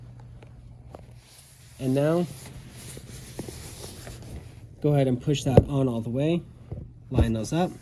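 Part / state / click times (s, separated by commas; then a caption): speaker cable connector into its mating plug on a massage chair / seated / 1.0 s. A speaker cable connector is lined up and pushed into its mating plug on a HealthPro Premier 3D massage chair. It gives a sharp, short click at 0.9 s, showing that it has seated. Faint handling noises follow, and someone talks.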